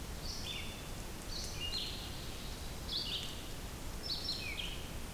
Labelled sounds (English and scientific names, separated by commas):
Red-eyed Vireo (Vireo olivaceus) song